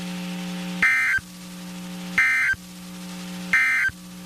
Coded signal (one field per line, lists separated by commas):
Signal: Emergency Alert System (SAME) tones